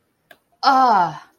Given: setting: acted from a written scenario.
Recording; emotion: vocal sound without words; disappointment